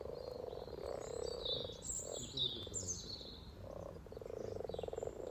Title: Frog Chorus Spring sounds first Lunch outside St Patrick’s day 17 March 2023 . Freshfield, Formby